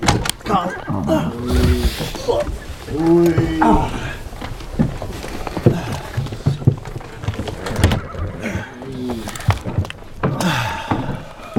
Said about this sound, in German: Schnaubend traben die Gäule an und schlagartig erhebt sich der Wagen